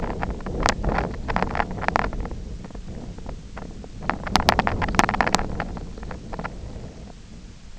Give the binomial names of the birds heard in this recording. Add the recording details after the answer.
none. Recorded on Arctic tundra, site IGLO-F, on 24 June 2018. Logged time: 20:00